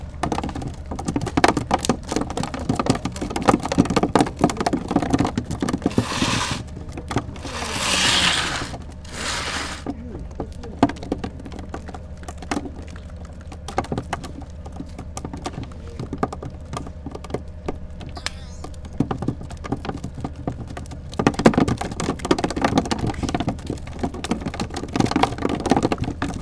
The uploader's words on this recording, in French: Port et poissons. Sidi Ifni.